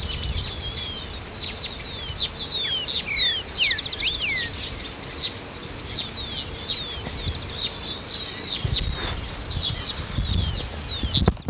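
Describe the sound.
Bird calling in a dense, continuous series of high, sweeping and down-slurred whistled notes, with a low rumbling background.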